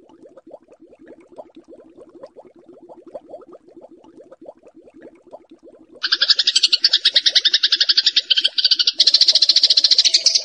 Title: Kompilasi Suara Ciblek Prenjak Cocok Untuk Masteran